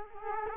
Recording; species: mosquito wingbeat signal from an infrared sensor; Culex quinquefasciatus